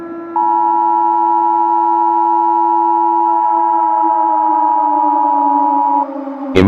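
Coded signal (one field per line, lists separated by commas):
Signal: Emergency Alert System (SAME) tones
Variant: 853 and 960 Hz attention tone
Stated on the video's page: Fictional SAME tones from an EAS scenario.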